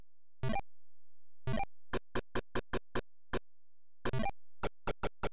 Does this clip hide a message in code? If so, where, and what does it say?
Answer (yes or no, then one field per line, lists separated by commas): no